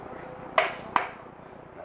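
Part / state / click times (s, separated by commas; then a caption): memory module into motherboard DIMM slot / seated / 0.6 s, 1.0 s. A RAM module is pressed down into the motherboard's DIMM memory slot, and two sharp clicks sound at 0.6 s and 1.0 s as the retention latches snap closed. The module is seated.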